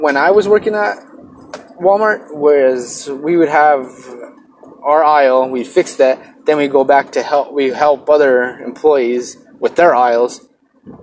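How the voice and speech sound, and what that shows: An adult man talks about stocking store aisles in a halting rhythm, with stretched consonants like a drawn-out 'z' and 'v', a restart ('was we would'), and frequent pauses. These prolongations and breaks fit stuttering, which he has himself.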